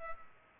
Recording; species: mosquito wingbeat signal from an infrared sensor; Culex pipiens